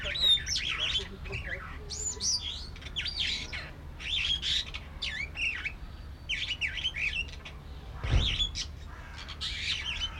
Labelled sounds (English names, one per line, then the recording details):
Superb Starling
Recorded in captivity
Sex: male
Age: adult
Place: Zoo Berlin, Berlin, DE
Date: 1994-05-21 12:28
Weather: heiter, 12-16°C
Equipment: Marantz CP 430, Sennheiser ME 80, Kopie Uher Variocord 263
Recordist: Tembrock, Günter